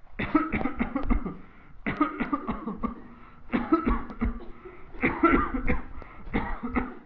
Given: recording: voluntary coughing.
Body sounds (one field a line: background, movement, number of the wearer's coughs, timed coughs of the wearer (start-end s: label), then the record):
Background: a bystander coughing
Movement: walking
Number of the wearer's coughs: 16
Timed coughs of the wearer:
0.16-0.52 s: cough
0.50-0.77 s: cough
0.77-1.08 s: cough
1.08-1.44 s: cough
1.84-2.18 s: cough
2.17-2.44 s: cough
2.47-2.78 s: cough
2.81-3.08 s: cough
3.50-3.84 s: cough
3.83-4.14 s: cough
4.21-4.39 s: cough
5.00-5.28 s: cough
5.28-5.65 s: cough
5.65-5.89 s: cough
6.32-6.73 s: cough
6.73-7.01 s: cough
From the record:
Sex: male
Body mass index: 22.0 kg/m2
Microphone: on the chest, facing the body